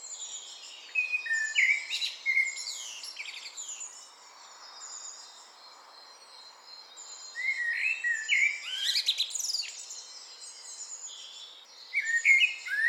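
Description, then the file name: Eurasian blackbird delivering warbled, fluty phrases separated by a quieter pause, with other birds chirping high throughout. "Turdus merula"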